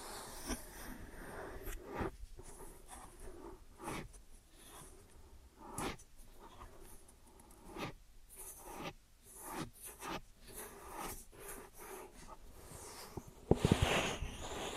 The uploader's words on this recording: ASMR Ear & Scalp Massage and Cleaning Before Sleep (No Talking).